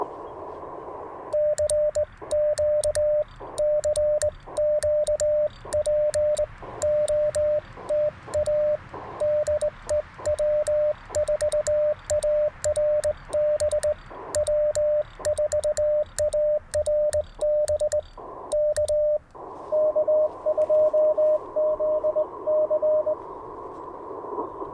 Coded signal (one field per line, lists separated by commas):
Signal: Morse code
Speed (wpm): 19 wpm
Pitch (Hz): 600 Hz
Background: radio noise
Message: CQ CQ POTA DE W4ARB W4ARB K K2ZC